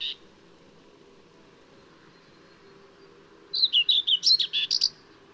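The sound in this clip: Common whitethroat song: after a brief note and a silent pause, one hurried, scratchy warbled phrase lasting about a second and a half.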